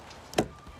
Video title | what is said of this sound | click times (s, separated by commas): ★★★★★ How to install Rain-X windshield wiper blades on Toyota Tundra | there it goes now let's see if it clips down now it clips | 0.3 s, 0.4 s